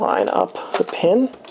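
A metal 135 mm lens, set at f/5.6, is handled at the bayonet mount of a Nikon Nikkormat FTn camera body as its aperture coupling prong is lined up with the meter pin. Someone talks throughout, with brief soft handling noises between the words. The lens has not locked into the mount yet, and nothing has seated or clicked.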